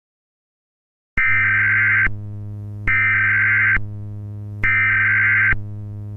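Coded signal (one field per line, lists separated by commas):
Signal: Emergency Alert System (SAME) tones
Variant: header bursts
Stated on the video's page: Fictional Roblox EAS scenario with simulated SAME tones, made in KineMaster.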